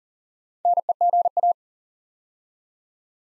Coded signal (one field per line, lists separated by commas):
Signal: Morse code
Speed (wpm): 41 wpm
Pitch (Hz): 700 Hz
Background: none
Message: NEGA